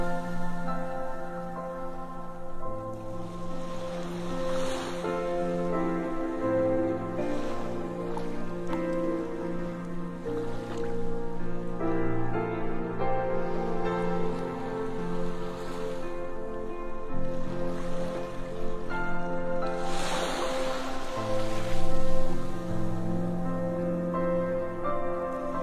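Sea waves wash in as hissing surges every few seconds, strongest around 5 and 20 seconds, over a constant bed of water noise. Underneath runs a steady, low humming drone of held tones that barely changes throughout.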